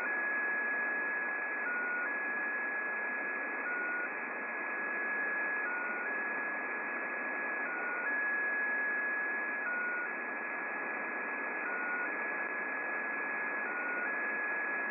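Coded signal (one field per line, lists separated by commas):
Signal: unidentified radio signal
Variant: XPA2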